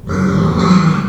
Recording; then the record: squeal of a Yucatan mini pig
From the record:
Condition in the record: after surgery on the right vocal fold (resection and tissue-engineered implant); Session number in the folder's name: 16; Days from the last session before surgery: 183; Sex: female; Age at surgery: 19 weeks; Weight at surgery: 25 kg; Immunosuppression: prednisolone